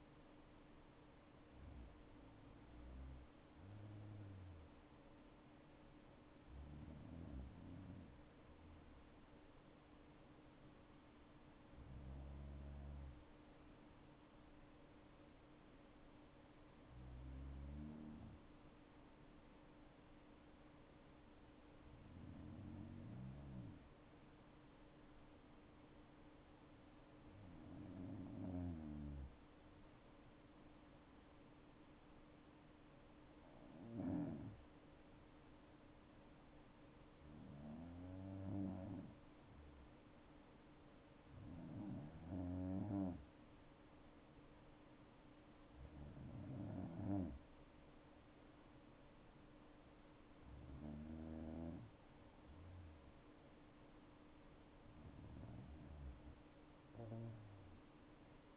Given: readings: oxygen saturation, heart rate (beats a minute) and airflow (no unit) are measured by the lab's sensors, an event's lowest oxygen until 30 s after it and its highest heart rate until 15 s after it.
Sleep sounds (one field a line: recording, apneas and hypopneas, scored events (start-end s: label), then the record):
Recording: breathing in sleep by a voice recorder at the bedside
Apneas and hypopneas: 1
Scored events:
11.00-45.70 s: hypopnea (N2, oxygen 97% highest, then 94% lowest, heart rate 65 at the start, 68 highest)
From the record:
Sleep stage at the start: N2 (light sleep)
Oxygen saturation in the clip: 92 to 97%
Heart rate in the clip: 58 to 68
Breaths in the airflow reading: 12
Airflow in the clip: -6.5 to 7.4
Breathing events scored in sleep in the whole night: 228 in 5.4 hours asleep